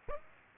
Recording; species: mosquito wingbeat signal from an infrared sensor; Aedes aegypti